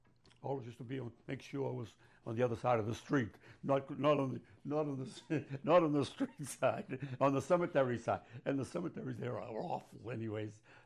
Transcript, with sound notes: always used to be — make sure I was on the other side of the street, not — not on the — not on the — [chuckles] not on the street side. On the cemetery side. And the cemeteries there are awful, anyways.